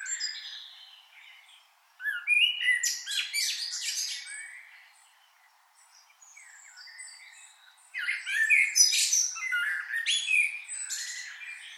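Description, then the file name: Common blackbird calling: a loud, busy run of squeaky, chattering and warbled notes, a brief lull with faint phrases, then another lively burst. "Turdus merula"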